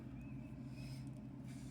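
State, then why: Not seated. A main bearing shell is being handled and set into the main bearing cap of a 1982 Ford 300 engine, with its tang lined up in the cap groove. Only a steady low rumble and hum is heard, with no sharp transients. Nothing has seated or clicked yet.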